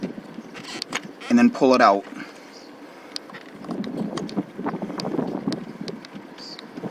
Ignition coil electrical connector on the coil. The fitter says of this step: and I just lift it. You can hear it click,